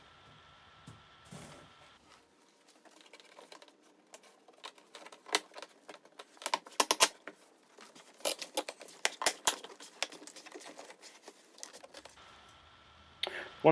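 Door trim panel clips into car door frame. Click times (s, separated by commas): 5.3 s, 6.8 s, 6.9 s, 9.1 s, 9.5 s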